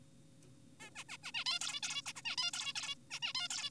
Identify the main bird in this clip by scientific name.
Taeniopygia guttata